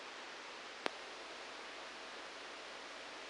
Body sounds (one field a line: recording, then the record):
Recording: brain microelectrode recording played as sound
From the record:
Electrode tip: outside the subthalamic nucleus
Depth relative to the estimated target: 0 mm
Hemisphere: right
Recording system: NeuroSet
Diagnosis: Parkinson's disease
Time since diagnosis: 9 years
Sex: male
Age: 56 years